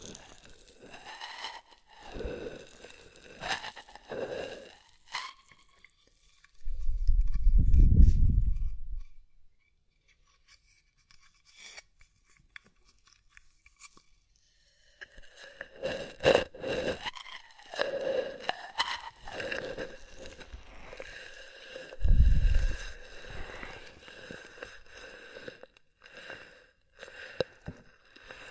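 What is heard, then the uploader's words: Body oil massage and bubble bath, with soft wet rubbing, squishing and crackly bursts coming in clusters during the first six seconds and again from about 15 seconds on. Two deeper, rumbling swells stand out, near 7 to 9 seconds and around 22 seconds, separated by a quiet stretch. Body oil massage and bubble bath.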